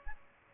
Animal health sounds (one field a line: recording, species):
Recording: mosquito wingbeat signal from an infrared sensor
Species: Aedes albopictus